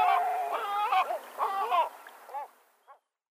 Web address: Great Black-backed Gull